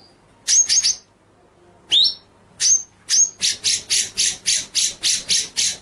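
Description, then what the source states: White-rumped shama song: a few high whistles and a rising sweep, then a fast, even run of harsh, chattering notes. Murai batu masteran (training) track of full ngerol nembak song.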